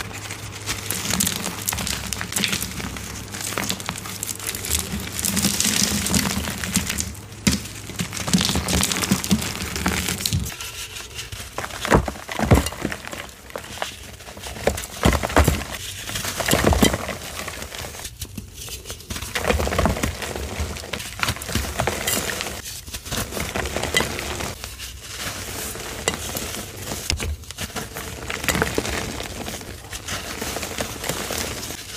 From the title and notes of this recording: Powdery Soft Dusty Reformed Gym Chalk Edit Compilation. Soft crispy powdery reformed gym chalk crumbles and oddly satisfying asmr sounds.